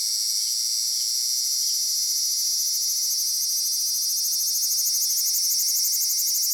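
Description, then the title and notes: Cicadas buzzing, a loud high metallic drone with a thin steady tone beneath and a rapid rattling pulse building in the second half. Recorded close-up with a parabolic microphone in July at Annakaharuna, Gunma, Kanto region, Japan; males vibrate tymbals; the songs are said to sound electronic. "Cigales électro au Japon"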